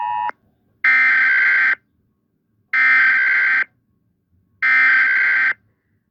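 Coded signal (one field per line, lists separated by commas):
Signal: Emergency Alert System (SAME) tones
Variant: header bursts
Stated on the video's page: Fictional alarms for invented territories, fixed version.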